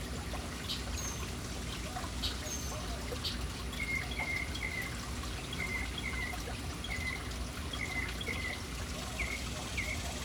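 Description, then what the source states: Birds give bright repeated chirps, often doubled, in a steady series through the second half, while water pours and splashes continuously. Urban birds in a city, hanging around a fountain.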